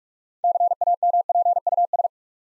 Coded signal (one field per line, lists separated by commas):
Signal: Morse code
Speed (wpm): 44 wpm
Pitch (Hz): 700 Hz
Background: none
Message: CAMPUS